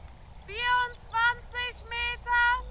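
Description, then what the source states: Bird calls: five nasal, harmonic-rich notes in quick series, about half a second apart, over a low steady hum. Recorded 29 May 2019 at 20:00.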